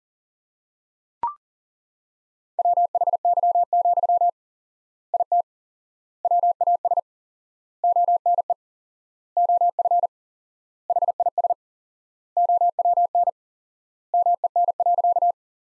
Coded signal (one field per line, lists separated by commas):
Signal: Morse code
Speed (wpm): 40 wpm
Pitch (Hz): 700 Hz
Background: none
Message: WHY, IT WAS ONE OF HIS OWN MEN.